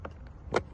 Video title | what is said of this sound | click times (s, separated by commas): Dodge Challenger/Charger Clock Spring Replacement!! FIX STEERING WHEEL CONTROLS!! | Lock into place. | 0.6 s